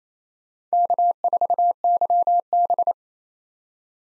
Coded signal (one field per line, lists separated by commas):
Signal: Morse code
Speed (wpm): 27 wpm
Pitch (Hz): 700 Hz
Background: none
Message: K4YB